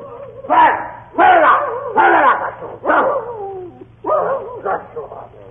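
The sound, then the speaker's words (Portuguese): A mongrel dog named Patusco, a family house dog, barks about six times in a loose, uneven rhythm, each bark a loud, tonal, slightly whiny yelp, with a steady low hum underneath. “Nós tínhamos em casa um cachorro tipo vira-lata, muito amigo da meninada.”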